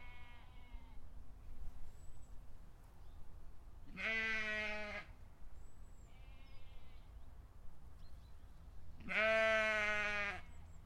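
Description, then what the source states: Sheep bleating: two loud, wavering, drawn-out bleats about five seconds apart, with fainter bleats from other sheep and a rumble of wind or outdoor noise. In a field.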